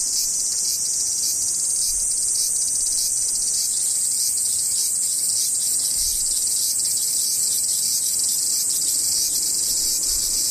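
Cicadas drone without pause, a dense, high, hissing buzz that holds steady at the same loudness for the whole eleven seconds. Faint low rumbling sits underneath, and the chorus shows no breaks or clear individual calls.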